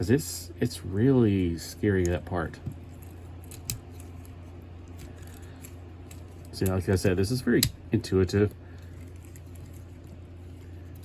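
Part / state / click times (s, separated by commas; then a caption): plastic transforming-figure part into its locking slot on the figure body / not seated / none. Someone talks while pushing a part of a plastic transforming action figure into its locking slot on the figure body, with only faint handling taps between the words. The part does not lock in, and nothing has clicked into place.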